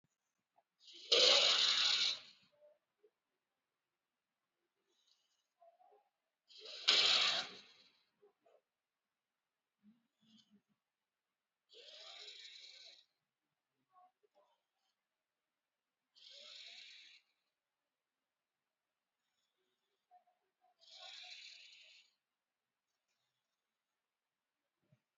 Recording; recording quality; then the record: shallow breathing; excellent, no background noise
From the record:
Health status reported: COVID-19 positive, moderate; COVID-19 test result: positive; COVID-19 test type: RT-PCR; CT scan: not taken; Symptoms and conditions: cold, sore throat, loss of smell and taste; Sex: male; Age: 45 years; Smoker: yes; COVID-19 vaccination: one dose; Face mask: worn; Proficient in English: yes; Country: India